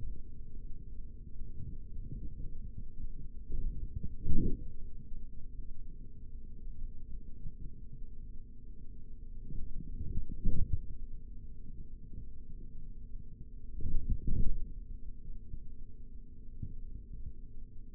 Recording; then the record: forearm muscle sounds (acoustic myography)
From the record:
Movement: forearm supination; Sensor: system 3, bracelet of six PUI Audio POM-2738L microphones around the upper forearm, with dedicated amplification and filtering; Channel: 3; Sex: male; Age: 56 years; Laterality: right